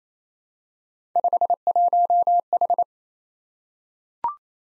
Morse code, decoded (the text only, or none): 51H